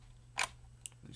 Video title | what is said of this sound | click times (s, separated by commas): how to upgrade RAM on HP Compaq 6710b laptop (1GB to 4GB) | push them down and then she'll click into place then you turn it over to put the other one in and | 0.4 s, 0.9 s